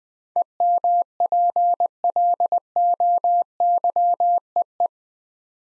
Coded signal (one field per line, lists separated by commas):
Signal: Morse code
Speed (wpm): 20 wpm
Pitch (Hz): 700 Hz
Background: none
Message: EMPLOYEE